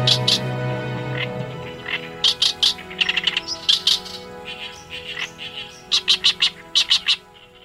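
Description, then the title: Oriental reed warbler song: bursts of harsh, scratchy repeated notes in short rattling phrases over a steady low hum. On the Tone River riverbank, Japan. "朝の小鳥 利根川河川敷のオオヨシキリ"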